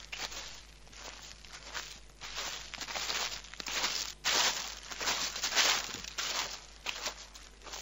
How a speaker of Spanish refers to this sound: Y estamos escuchando de fondo un ruidito de hojas, porque vamos a empezar hablando del otoño.